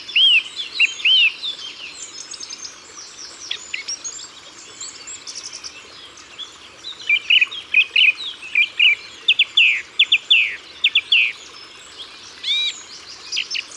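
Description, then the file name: Song thrush song: looping whistles and sharp notes, each phrase given two or three times, continuing steadily. Ardèche, France. "Grive-Musicienne-Concerts-Naturels-De-l Ardeche"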